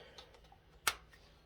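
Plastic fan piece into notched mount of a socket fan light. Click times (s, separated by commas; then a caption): 0.9 s. A plastic fan piece on a Bell + Howell socket fan light is slid into its matching notches on the mount and pushed with a little force until it snaps in. A few faint taps lead up to one sharp, loud snap at 0.9 s. The piece is seated.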